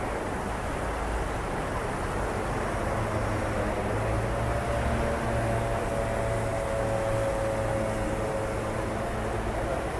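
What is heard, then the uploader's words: City ambience at night: a steady, dense traffic rumble with a faint engine whine rising and falling midway, and no distinct events. CITY AMBIENCE AT NIGHT. The sounds of the city at night, with an emphasis on ambient noise.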